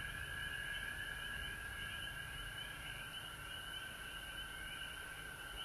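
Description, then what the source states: Frog chorus with a constant humming drone and faint fast trills above it, unbroken for the whole stretch, over low-pitched background noise. Several frogs recorded at home in Georgia on March 19, 2020.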